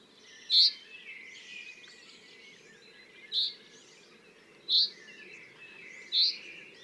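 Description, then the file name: Common chaffinch calling: four brief, bright, high-pitched notes at uneven gaps of roughly one and a half to three seconds. "Fringilla coelebs"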